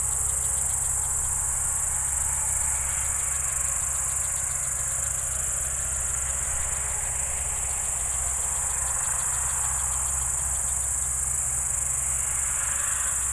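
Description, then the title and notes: Steady high cricket shrilling with pulsed chirps, over a low engine drone in the background. Evening crickets at Spalona Pass, Bystrzyckie Mountains, Poland, 18 July 2024 around 19:00; old tractor mowing grass in village below audible. "Spalona 6, 57-516, Polska - Spalona Pass - crickets and haymaking. Przełęcz Spalona w Górach Bystrzyckich. wieczorne świerszcze"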